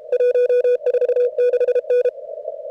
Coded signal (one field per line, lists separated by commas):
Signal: Morse code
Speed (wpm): 31 wpm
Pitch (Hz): 500 Hz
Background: none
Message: 146N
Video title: CWops 0300 cwt at 550 hz cw